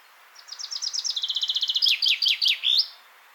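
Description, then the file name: Common chaffinch song: a quick run of high chipping notes drops into a steady trill, then slower, emphatic downslurred phrases and a final flourish. "Fringilla coelebs"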